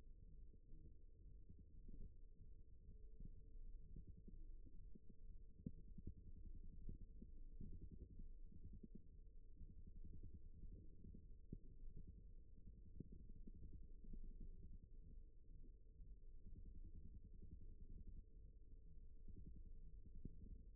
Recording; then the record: forearm muscle sounds (acoustic myography)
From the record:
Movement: rest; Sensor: system 1, eight BSWA MPA416 microphones around the upper forearm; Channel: 7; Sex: male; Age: 54 years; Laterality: right